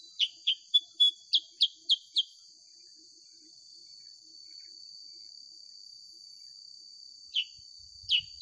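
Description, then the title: Sooty-headed bulbul giving a quick run of eight sharp, bright chip notes, then a pause and two more, over a constant high tone. Original sound of a sooty-headed bulbul (kutilang sutra), used as a master recording for training songbirds and suited as a lure to prompt birds to sing. "Masteran Kutilang Sutra. SUARA ASLI KUTILANG SUTRA COCOK UNTUK PANCINGAN"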